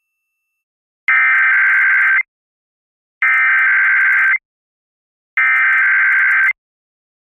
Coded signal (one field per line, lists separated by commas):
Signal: Emergency Alert System (SAME) tones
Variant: header bursts